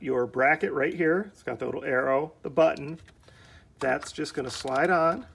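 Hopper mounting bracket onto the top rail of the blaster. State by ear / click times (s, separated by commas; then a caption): not seated / none. A plastic hopper mounting bracket for a TOYAPY MP9 gel ball blaster is handled near the blaster's top rail while someone talks, with faint handling rustle in the pauses. Nothing has seated or clicked yet; the bracket has not been slid onto the rail or locked.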